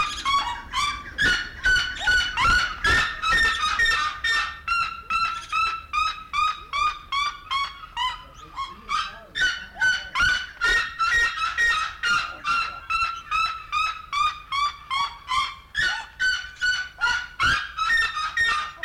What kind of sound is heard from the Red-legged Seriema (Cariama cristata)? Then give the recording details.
call. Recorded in captivity. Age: adult. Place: Zoo Berlin, Berlin, DE. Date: 1993-02-20. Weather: 3°C, heiter bis wolkig, böiger Wind. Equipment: Marantz CP 430, Sennheiser ME 80, Kopie Uher Variocord 263. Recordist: Tembrock, Günter